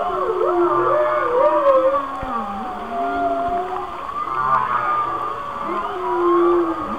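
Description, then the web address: Whale song with wavering, looping moans that dip and rise repeatedly, layered over higher sustained whistle-like tones. "Whale Songs Whale Songs- Mike Mc Donald"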